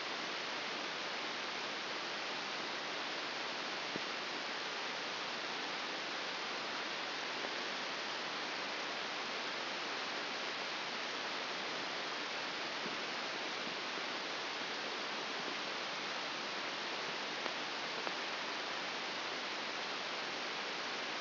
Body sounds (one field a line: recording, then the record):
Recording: brain microelectrode recording played as sound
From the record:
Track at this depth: inside the subthalamic nucleus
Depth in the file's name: 1.6 mm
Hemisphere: left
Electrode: 2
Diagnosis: Parkinson's disease